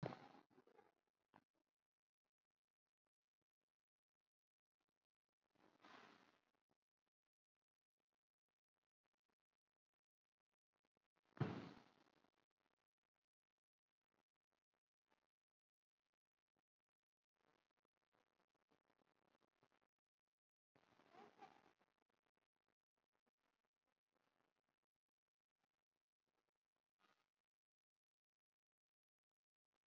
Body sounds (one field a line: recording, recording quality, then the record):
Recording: deep breathing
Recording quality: poor, much background noise or distortion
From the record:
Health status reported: COVID-19 positive, mild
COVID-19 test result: positive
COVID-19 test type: RT-PCR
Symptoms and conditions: cough, cold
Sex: male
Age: 22 years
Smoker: no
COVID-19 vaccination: one dose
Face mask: worn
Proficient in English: yes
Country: India